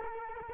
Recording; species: mosquito wingbeat signal from an infrared sensor; Culex quinquefasciatus